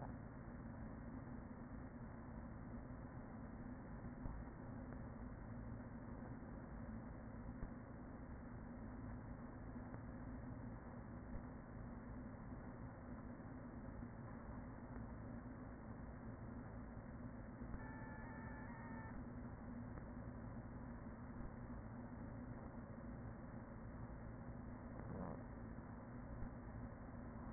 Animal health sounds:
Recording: honeybee colony, microphone inside the hive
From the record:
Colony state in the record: queen present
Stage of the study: after two queens were removed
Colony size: about 40,000 bees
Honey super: no

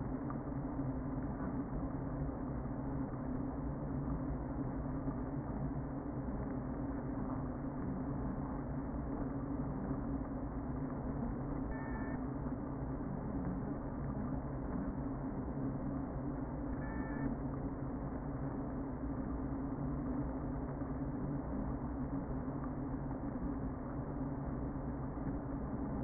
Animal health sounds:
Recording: honeybee colony, microphone inside the hive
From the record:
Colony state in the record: queen present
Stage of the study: before two queens were removed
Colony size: about 60,000 bees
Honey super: yes

